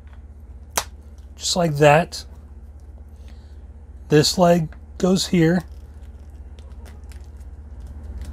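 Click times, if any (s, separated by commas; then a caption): none. A plastic leg of a Hasbro Ghostbusters Plasma Series Vinz Clortho build-a-figure is pegged into the plastic body socket while someone talks. A single sharp tap sounds near 0.8 s, followed by faint small handling ticks and a steady low hum. The leg peg has not clicked into place yet.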